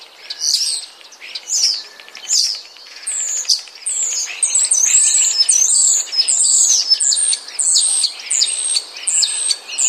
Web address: wroblowe ptaki sturnus vulgaris. wroblowe ptaki szpak